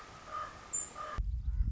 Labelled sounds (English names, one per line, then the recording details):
Common Raven
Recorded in Sonoma County, California